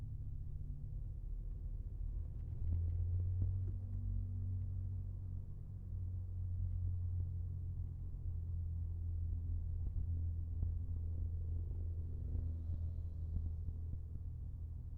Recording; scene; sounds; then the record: everyday scene through a hearing-aid microphone; in a vehicle; engine, rumble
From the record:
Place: Skoda Fabia, gasoline engine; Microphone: behind the ear, left, rear